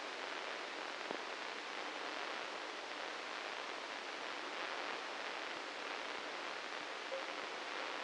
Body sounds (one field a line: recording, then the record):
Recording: brain microelectrode recording played as sound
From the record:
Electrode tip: inside the subthalamic nucleus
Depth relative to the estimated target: -1 mm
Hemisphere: right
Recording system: NeuroSet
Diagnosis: Parkinson's disease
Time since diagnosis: 9 years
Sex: male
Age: 61 years